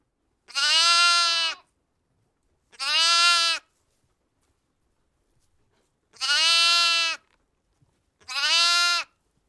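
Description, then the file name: Lamb bleats, four harmonic-rich calls each about a second long, separated by pauses, fairly high and slightly wavering, with no other sounds. "zvuki iagnenka"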